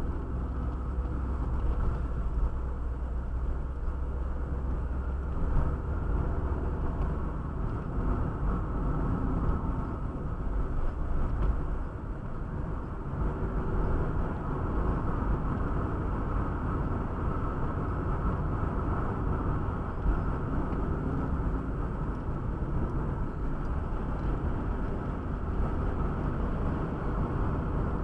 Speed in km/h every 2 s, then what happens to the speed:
53, 48, 51, 58, 59, 58, 60, 66, 66, 64, 59, 58, 61, 63.
3-14 speeds up to 66. 14-22 slows to 58. 22-28 steady at about 61.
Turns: none.